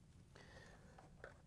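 A small flat-head screwdriver pries a plastic locking tab that holds the Whirlpool/KitchenAid/Maytag WP8181905 user interface assembly in a washer control panel resting on a towel-covered table. Faint scraping and small ticks come at 0.4 and 1.0 s, then a sharp click at 1.2 s as the tab releases. The tab is now released but could snap back into place.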